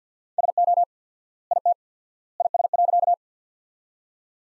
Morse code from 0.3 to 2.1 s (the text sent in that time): SO IT